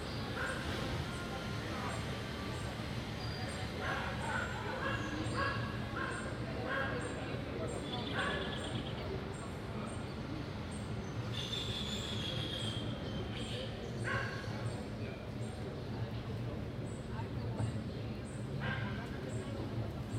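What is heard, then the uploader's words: A busy city park in Santo Domingo, full of steady low crowd murmur and traffic rumble throughout. Voices talk, a dog barks several times, and short bright sounds like whistles or chirps pop up regularly, most clearly around twelve seconds. Parque Colón – Santo Domingo, Dominican Republic (Binaural Field Recording). I flew to the Dominican Republic in June.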